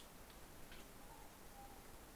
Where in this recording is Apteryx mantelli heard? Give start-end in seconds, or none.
none